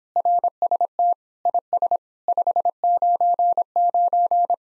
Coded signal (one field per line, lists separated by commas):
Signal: Morse code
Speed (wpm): 26 wpm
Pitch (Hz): 700 Hz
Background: none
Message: RST IS 599